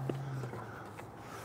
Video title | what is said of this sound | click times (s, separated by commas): How to Install: RockyMounts AfterParty Swing Away Bike Rack for 2 Bikes on your 2022 Volvo XC40 | and this time bringing the wheel closer towards the vehicle and allowing everything to just snap back into place | 0.1 s